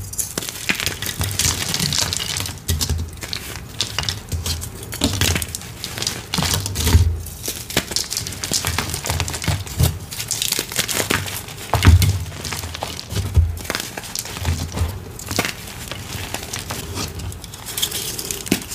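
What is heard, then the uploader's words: Gym chalk is crushed, a dense run of dry crunches and crinkly crumbling that continues for the whole stretch. Sharper, louder breaks stand out near seven and twelve seconds, and soft low thumps from handling sit underneath. Deep Blue Dyed Chalk + a Fresh Block. Loud crunch asmr oddly satisfying gym chalk crushing sounds.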